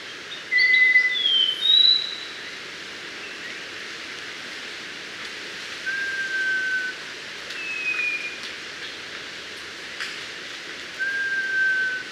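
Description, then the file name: Mangrove robin gives a series of clear, pure whistles, some steady, some slurring down or up, in short bursts spaced a few seconds apart against constant hissing background noise. "Melanodryas Pulverulenta"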